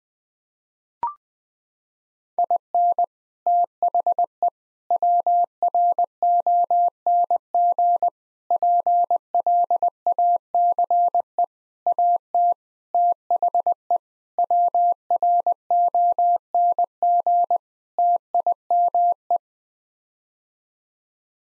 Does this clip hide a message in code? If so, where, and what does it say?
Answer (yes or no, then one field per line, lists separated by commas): yes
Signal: Morse code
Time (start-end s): 2.4-19.4 s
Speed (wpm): 20 wpm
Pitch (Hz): 700 Hz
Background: none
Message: IN THE WRONG PLACE AT THE WRONG TIME